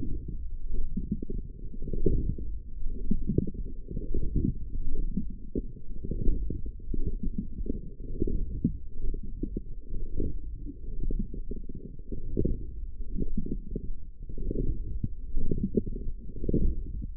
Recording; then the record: forearm muscle sounds (acoustic myography)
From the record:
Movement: forearm pronation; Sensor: system 1, eight BSWA MPA416 microphones around the upper forearm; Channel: 8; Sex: female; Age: 22 years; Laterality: right